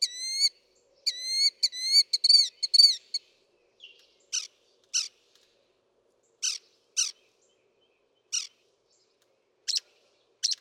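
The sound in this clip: Northern mockingbird singing: several clear whistled notes, then a series of short sharp chips separated by silent gaps.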